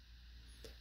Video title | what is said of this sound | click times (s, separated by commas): Guitar Pedal For Axoloti | just snap right in there | 0.6 s